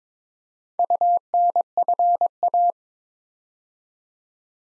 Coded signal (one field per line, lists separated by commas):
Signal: Morse code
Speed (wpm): 22 wpm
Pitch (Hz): 700 Hz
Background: none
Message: UNFA